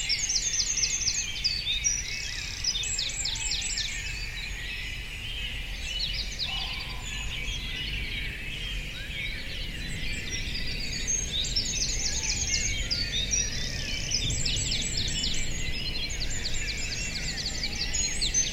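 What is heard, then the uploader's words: A dawn chorus fills the air with many overlapping birds, bright rapid trills and chirps layered densely throughout, with repeated fast twittering bursts around the start and again near fifteen seconds. A steady low rumble sits underneath the whole time. Dawn chorus in Bradford on Avon, Wilts, UK. Starting at 4:40am by the Avon river, then at various points on the river path down to Avoncliff. Recorded on the lovely DPA 4060 microphones on my lapels, or left on benches, with MixPre2.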